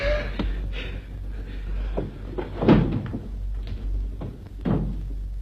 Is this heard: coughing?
no